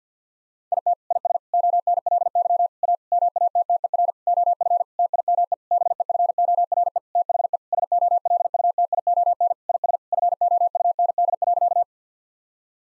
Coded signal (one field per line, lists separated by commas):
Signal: Morse code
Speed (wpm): 50 wpm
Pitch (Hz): 700 Hz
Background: none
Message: IT IS ONLY A MATTER OF TIME BEFORE THE SOLUTION IS FOUND.